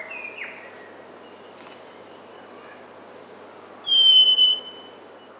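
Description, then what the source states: Northern scrub robin song: a single high, drawn-out whistle late. Recorded in Papua New Guinea.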